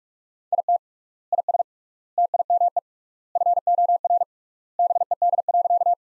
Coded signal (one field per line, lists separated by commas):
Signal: Morse code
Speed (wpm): 44 wpm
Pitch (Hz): 700 Hz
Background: none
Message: IT IS TIME FOR BED.